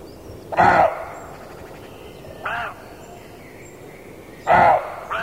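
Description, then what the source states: Roe deer barking: harsh, hoarse single barks spaced irregularly, two louder barks near the start and end and two fainter ones, over a quiet background. Male roe deer (roebuck).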